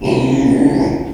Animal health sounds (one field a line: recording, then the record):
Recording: squeal of a Yucatan mini pig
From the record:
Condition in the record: after surgery on the right vocal fold (resection and tissue-engineered implant)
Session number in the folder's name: 2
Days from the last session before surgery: 13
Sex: male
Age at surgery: 12 weeks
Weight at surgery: 13 kg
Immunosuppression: cyclosporine, prednisolone